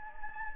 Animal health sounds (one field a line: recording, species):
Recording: mosquito wingbeat signal from an infrared sensor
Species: Anopheles gambiae